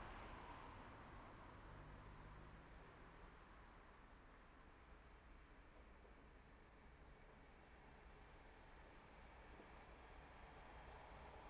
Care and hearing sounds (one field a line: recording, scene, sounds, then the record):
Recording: everyday scene through a hearing-aid microphone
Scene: in traffic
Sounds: traffic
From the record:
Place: main road on the outskirts, rush hour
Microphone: behind the ear, left, front